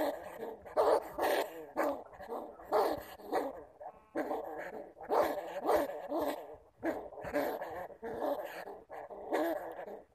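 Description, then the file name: Bamboo rat giving repeated harsh, throaty growls in steady bursts roughly once a second. "Tieng dui keu"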